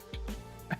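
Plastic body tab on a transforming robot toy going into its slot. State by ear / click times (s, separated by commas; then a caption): partly seated / 0.7 s. A plastic body tab on a transforming robot toy is pressed into its slot as the body is folded down onto itself. Two soft handling knocks come early, then a short sharp tick at 0.7 s. The tab sits only partly in place and does not lock fully home.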